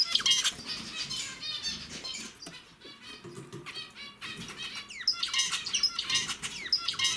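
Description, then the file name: Zebra finch song: rapid, nasal chirping notes in dense bursts, a quieter stretch midway, then another lively run of buzzy calls. "pesnya zebrovoi amadiny"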